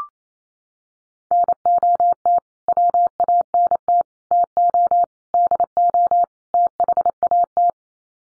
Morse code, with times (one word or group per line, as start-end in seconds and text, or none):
1.3-2.4 NOT
2.7-4.0 WANT
4.3-5.0 TO
5.3-6.2 DO
6.5-7.7 THAT